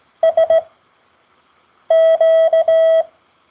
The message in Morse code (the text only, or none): SQ